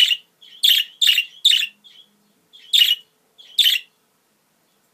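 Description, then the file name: Budgerigar calls, harsh scratchy chirps, some preceded by a faint soft note, given singly or in a quick run of three with silent gaps between. Female budgerigar; mixed sounds. "Karisik Sesler Disi Muhabbet Kusu Sesi"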